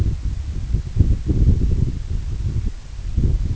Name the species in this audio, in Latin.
none